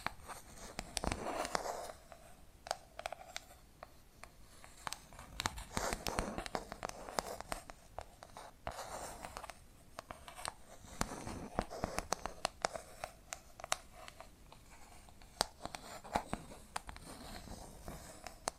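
Tapping and scratching sounds, made of quick sharp taps that come in irregular clusters throughout, some louder than others. Between the taps there are softer rustling and scratching passages, with brief pauses, and the busy pattern keeps going to the end.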